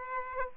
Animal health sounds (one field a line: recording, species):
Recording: mosquito wingbeat signal from an infrared sensor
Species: Aedes aegypti